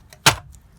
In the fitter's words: Hear it just click in.